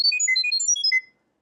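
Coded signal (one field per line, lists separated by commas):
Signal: data over sound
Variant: Chirp.io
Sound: rapid string of short, pure, high bird-like tones hopping in pitch, lasting one second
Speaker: as soon as like the audio completes it instantly turns to green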